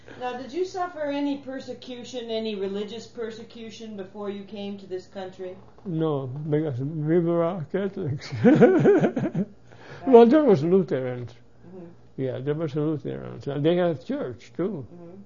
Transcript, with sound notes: Now did you suffer any persecution, any religious persecution, before you came to this country?
No, we were all Catholics. (he laughs) Well, there was Lutherans, yeah, there was Lutherans and they had a church, too.